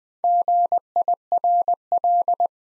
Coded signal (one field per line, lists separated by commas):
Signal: Morse code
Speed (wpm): 20 wpm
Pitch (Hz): 700 Hz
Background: none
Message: GIRL